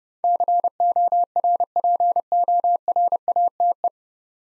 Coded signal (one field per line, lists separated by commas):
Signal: Morse code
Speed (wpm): 31 wpm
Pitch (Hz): 700 Hz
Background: none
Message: CORPORATE